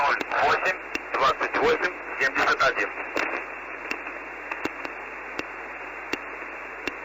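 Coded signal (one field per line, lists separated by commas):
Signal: numbers station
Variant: UVB-76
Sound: a few seconds of muffled radio voice, then hiss with faint regular clicks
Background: radio static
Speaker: Okay es interesantísimo el audio que acabamos Escuchar como lo dijimos es una transmisión de esta radio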